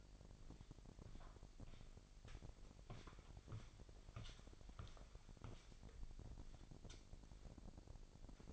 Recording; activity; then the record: daily activity, microphone in the room; walk to room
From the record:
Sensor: 5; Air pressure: 1002.1 hPa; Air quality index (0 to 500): 248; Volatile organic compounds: 7 ppm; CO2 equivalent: 2023 ppm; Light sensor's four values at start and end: 30/71/29/30 and 30/70/29/31